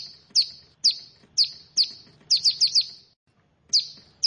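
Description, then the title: Bar-winged prinia singing high, sharp down-slurred chirps with buzzy tails, a few spaced singly, then a quick cluster of four before a short pause. "Ciblek Sawah"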